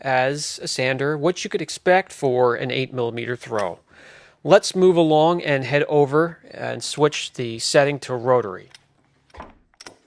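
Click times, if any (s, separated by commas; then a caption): 9.8 s. Someone talks, then the locking collar on the head of a Lake Country UDOS 51E 5-in-1 dual-action polisher is pulled up and the stroke setting is switched to rotary, with a few faint mechanical sounds around 9.3 s. The collar snaps back into place with a sharp click at 9.8 s, seating fully so the silver line is not exposed.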